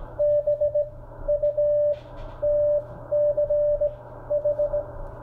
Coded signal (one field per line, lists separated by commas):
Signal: Morse code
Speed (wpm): 17 wpm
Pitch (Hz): 590 Hz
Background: none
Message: BUTCH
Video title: CW Straight Key SUCCESS!, CW Ham Radio QSO is So Fun!